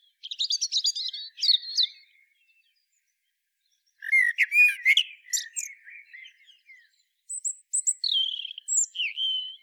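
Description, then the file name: Common blackbird song, bursts of high chattering twitter alternating with low rich warbled phrases and thin squeaky whistles. "Turdus merula"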